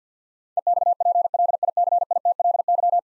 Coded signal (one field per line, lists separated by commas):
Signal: Morse code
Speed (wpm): 50 wpm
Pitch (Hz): 700 Hz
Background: none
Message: EXPLICITLY